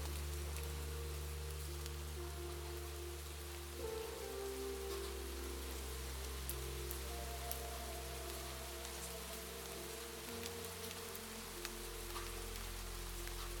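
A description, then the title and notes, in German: A calm melody of low, sustained tones blends softly with steady rain. The held notes change at about four seconds and again near ten, while the rain patters evenly throughout with occasional brighter drops. Eine beruhigende Melodie, die sich sanft mit den Regentropfen vermischt.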